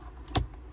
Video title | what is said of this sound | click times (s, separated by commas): Toyota RAV4 2019-21 OEM Center Console LED Ambient Lighting Lamp install LE XLE ADVENTURE TRD LIMITE | There you go. There you go. And this is there you go. Perfect. So see, all snapped into place. | 0.4 s